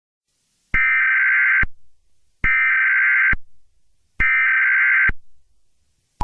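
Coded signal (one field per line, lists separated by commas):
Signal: Emergency Alert System (SAME) tones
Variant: header bursts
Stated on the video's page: Fictional EAS scenarios, simulated alerts.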